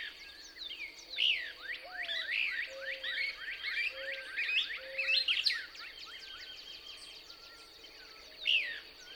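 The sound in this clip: Couch's Kingbird song, a dense chattering stretch of quick falling chips, then a pause and one last sharp burst; low soft whistles and a constant high tone run beneath.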